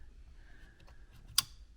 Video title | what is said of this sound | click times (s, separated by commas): New Land Rover Defender L663 Steering Wheel Removal / Strip Down / Airbag / Upgrade | Put that in, it's got a nice click. | 1.4 s